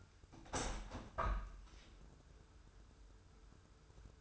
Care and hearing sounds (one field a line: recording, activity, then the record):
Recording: daily activity, microphone in the room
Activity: open window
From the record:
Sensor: 2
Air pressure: 995.6 hPa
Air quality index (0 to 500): 97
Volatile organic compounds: 5 ppm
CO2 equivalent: 1792 ppm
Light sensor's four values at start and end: 24/76/30/29 and 24/77/31/29